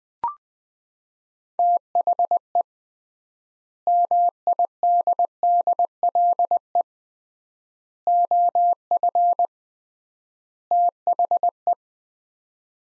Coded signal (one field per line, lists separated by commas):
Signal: Morse code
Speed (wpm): 21 wpm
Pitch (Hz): 700 Hz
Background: none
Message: THE MIDDLE OF THE